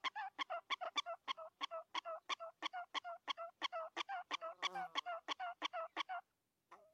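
Prairie dog barks, a rapid run of bright, harmonic chirps about three a second that stops near the end, followed by a last faint note.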